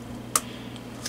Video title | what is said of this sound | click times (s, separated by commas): Dell Latitude D630 RAM Upgrade | then it will snap into place okay | 0.4 s